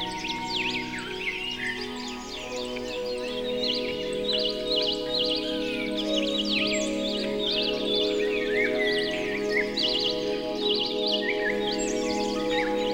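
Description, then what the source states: Dense chorus of birds with repeated sharp chirps and whistles, layered over a continuous musical drone. Birdsong mixed with music.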